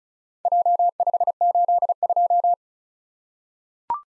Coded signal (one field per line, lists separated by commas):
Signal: Morse code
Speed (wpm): 36 wpm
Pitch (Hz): 700 Hz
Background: none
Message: J582